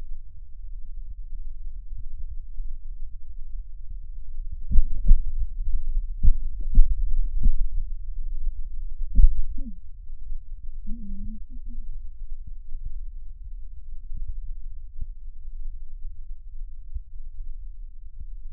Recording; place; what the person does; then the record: lung sounds by stethoscope; left posterior basal chest; quiet breathing, then cough and speech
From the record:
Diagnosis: COPD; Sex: female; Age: 65 years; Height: 156 cm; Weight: 63.9 kg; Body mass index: 26.3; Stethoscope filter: bell mode